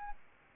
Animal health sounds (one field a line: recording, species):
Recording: mosquito wingbeat signal from an infrared sensor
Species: Aedes albopictus